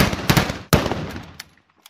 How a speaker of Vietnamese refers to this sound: Tiếng súng nổ ra lần đầu.